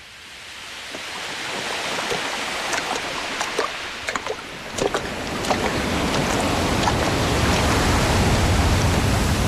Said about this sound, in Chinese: 这种海水的声音，风的声音，仿佛此刻我们就来到了南极，就在一个冰川上，去看往另一个冰川上的海豹。